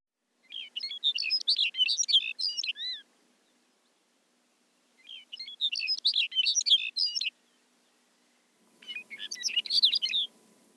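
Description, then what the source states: Lapland Longspur song, three bursts of rapid jumbled tinkling warbles separated by short silences. Eastern-Central region.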